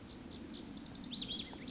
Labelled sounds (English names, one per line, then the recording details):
Lazuli Bunting
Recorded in Sonoma County, California